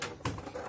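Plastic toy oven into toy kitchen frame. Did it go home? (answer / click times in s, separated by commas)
no / none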